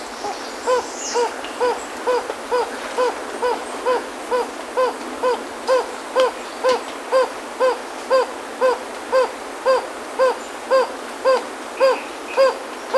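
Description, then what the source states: Jocotoco antpitta calling a long, even series of short, low hooting notes, roughly two per second, with faint higher chirps from other birds early on. Ecuador.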